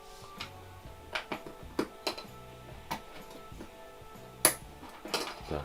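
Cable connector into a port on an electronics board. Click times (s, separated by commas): 4.4 s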